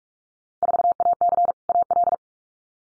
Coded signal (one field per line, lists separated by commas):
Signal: Morse code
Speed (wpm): 44 wpm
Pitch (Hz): 700 Hz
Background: none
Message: 4AC AL